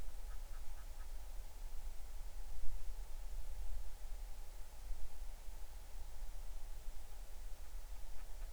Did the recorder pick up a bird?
yes